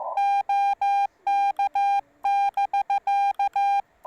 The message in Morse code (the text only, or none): OK<BK>